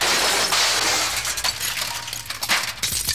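A car crash sound effect on a novelty record about the rumor that Paul McCartney had died: a loud, bright burst of breaking glass gives way to scattered crunches and tinkling shards over a few seconds, with no voices.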